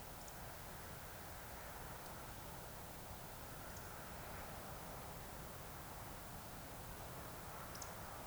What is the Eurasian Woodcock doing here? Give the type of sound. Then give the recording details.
whistle. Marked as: whistle, whistle, whistle. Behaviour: display flight. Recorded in Baden-Württemberg, Germany, on 26 June 2021 at 20:16 UTC. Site 45499, 200 m above sea level